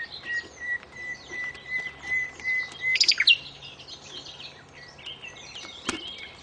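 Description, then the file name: Common nightingale song: a run of short, even whistled notes, then a loud burst of rapid, sweeping phrases, followed by softer varied notes. "suara burung nightingale om kicau"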